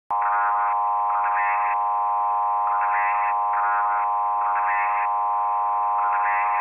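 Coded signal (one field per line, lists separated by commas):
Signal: numbers station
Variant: S06s, Russian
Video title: crazy number station from ukraine S06s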